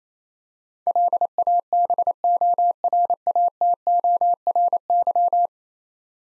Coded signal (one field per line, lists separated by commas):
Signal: Morse code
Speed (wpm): 28 wpm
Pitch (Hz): 700 Hz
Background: none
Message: LABORATORY